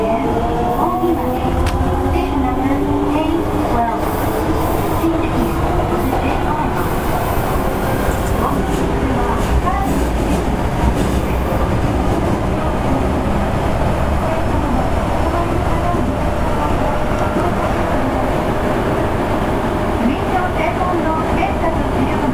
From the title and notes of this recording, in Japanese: 大阪市交通局 堺筋線66系 天下茶屋から天六まで。大阪市営地下鉄 66系電車の走行音です。堺筋線の列車にて収録しました。区間は、天下茶屋から天神橋筋六丁目までです。